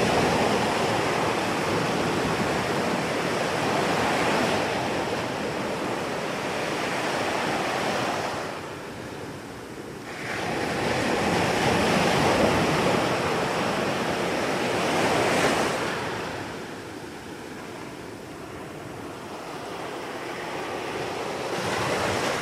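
Surf on a southern Portuguese shore at nightfall rolls in dense hissing swells, cresting near 12 and 16 seconds, with light wind buffeting.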